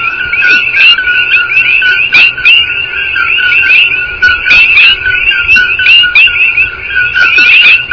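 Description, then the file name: Common coquí chorus: many frogs calling together, lower notes and higher rising notes overlapping steadily throughout. "Coqui frog chorus"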